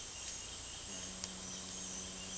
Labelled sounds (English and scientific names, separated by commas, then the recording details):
Roadside Hawk (Rupornis magnirostris)
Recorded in dense forest near Puerto Asís, Putumayo, Colombia, on 18 February 2024 at 10:00
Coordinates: 0.485, -76.318
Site G6408